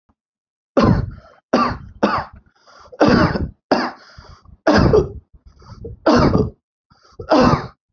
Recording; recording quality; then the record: heavy voluntary cough; excellent, no background noise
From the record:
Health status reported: healthy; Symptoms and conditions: none ticked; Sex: male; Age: 33 years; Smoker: not ticked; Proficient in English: yes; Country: India